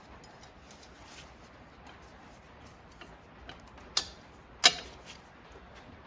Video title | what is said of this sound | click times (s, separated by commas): How to reseal a Getrag 260 *unintentional rainy ASMR* | Just like that till it clicks in. | 4.0 s